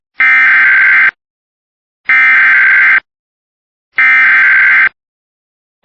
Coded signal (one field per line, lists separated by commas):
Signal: Emergency Alert System (SAME) tones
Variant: header bursts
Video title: Still active EXTREMELY RARE Immediate Evacuation for Nebraska!! (EAS 8)